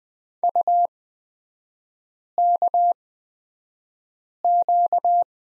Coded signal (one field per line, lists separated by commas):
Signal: Morse code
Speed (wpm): 20 wpm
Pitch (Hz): 700 Hz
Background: none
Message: UKQ